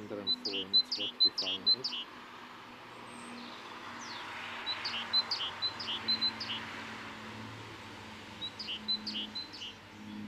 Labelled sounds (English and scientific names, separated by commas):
Great Tit (Parus major) call